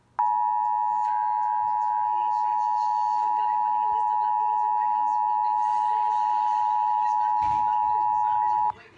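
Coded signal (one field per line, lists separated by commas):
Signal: Emergency Alert System (SAME) tones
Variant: 853 and 960 Hz attention tone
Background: speech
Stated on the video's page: Relayed from WBQB via Cox Communications cable.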